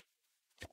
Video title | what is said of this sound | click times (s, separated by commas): Top Five Reasons to Buy Lenovo Chromebook Duet - Review | on kind of snaps into place relatively easy | 0.6 s